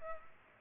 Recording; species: mosquito wingbeat signal from an infrared sensor; Culex pipiens